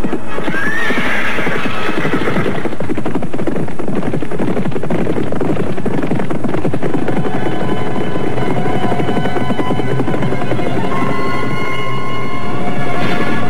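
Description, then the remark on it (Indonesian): Horses ridden by two couples gallop out of the royal city of Karangsedana in a steady, loud rush of pounding hooves, with a high whinny cutting in near the start and again toward the end; no one speaks. “Dan beberapa saat kemudian, dua pasang suami istri yang sakti dan perkasa itu telah berderap menuju keluar kota Raja Karangsedana untuk memburu siluman ular dari Merapi.”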